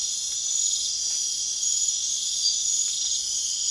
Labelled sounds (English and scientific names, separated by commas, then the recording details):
none
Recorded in pastures near Puerto Asís, Putumayo, Colombia, on 27 June 2025 at 23:30
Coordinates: 0.502, -76.324
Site G010